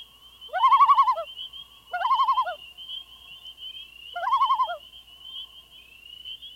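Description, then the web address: Loon repeating three quavering tremolo calls, each a rapid wavering laugh lasting under a second, with a continuous high-pitched drone behind. Recorded at night. "A Guide to Night Sounds. Loons"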